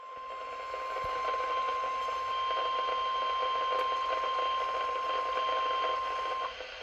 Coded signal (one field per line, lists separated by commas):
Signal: Emergency Alert System (SAME) tones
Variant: 1050 Hz attention tone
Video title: EAS #740 & #741 Severe Thunderstorm Warnings